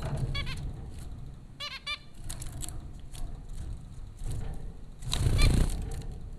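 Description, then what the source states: Zebra finch calls, a few short nasal honking notes in small bursts with quiet gaps, over low background rumble and a louder noisy burst near the end. Four zebra finches at Popcorn School, Flatbush, Brooklyn, New York, April 15, 2009.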